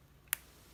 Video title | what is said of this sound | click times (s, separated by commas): Metal Robot Spirits MSA-0011 S Gundam [Ka Signature] Review | and it just snaps into place like it like it belongs there so | 0.3 s